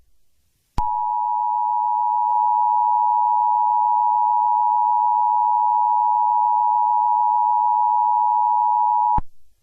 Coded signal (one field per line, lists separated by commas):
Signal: Emergency Alert System (SAME) tones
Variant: 853 and 960 Hz attention tone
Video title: EAS Scenario #3: Freedom's Rampage